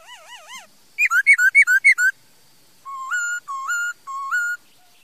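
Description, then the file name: Laughingthrush with wavering whistles, a quick run of loud repeated notes, then three level whistles that each step upward. "Tieng khuou hot"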